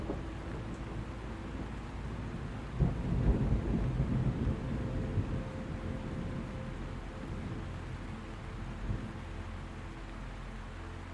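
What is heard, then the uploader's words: Thunder rumbles low and deep beneath a steady hiss of rain. A heavier roll swells near the three-second mark and fades by about six seconds, with a softer rumble near nine. A faint sustained tone hums underneath throughout. Soothing THUNDER, Soft MUSIC, Peaceful NIGHT. The rumble of thunder.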